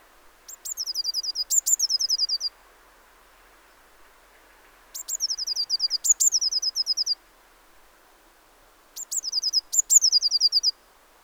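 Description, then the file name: Eurasian blue tit repeating thin, high call phrases, each an emphatic note or two leading into a rapid run of short notes, roughly every four seconds. "Cyanistes caeruleus"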